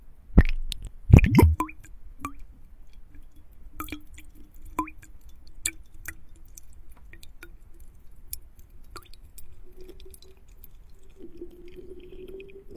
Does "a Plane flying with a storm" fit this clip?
no